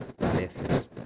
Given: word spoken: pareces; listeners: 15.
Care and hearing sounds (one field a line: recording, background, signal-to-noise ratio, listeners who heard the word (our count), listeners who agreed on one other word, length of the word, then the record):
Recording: one Spanish word in noise, from a listening test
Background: noise modulated by one talker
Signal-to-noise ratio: -8.6 dB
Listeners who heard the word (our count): 4 of 15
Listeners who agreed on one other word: 8 of 15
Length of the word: 0.66 s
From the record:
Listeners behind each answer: 8, 4, 1, 1, 1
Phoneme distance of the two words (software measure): 24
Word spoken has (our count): 3 syllables, 7 phonemes, stress on syllable 2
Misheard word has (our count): 2 syllables, 5 phonemes, stress on syllable 1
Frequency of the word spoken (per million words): 3.87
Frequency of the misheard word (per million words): 435.51